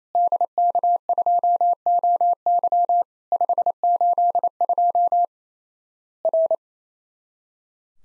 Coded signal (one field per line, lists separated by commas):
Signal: Morse code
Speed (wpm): 28 wpm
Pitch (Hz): 700 Hz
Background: none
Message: DK2OY 582 R